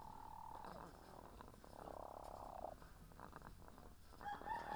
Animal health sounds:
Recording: poultry house recording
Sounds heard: sick chickens (respiratory disease)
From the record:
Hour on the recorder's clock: 17

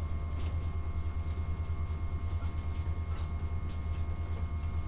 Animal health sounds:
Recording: poultry house recording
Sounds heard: no chicken sound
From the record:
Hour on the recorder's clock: 15

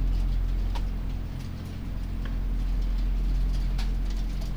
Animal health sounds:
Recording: poultry house recording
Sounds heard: sick chickens (respiratory disease)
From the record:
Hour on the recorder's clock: 3

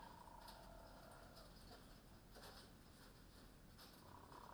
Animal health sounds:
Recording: poultry house recording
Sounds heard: sick chickens (respiratory disease)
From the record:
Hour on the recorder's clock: 20

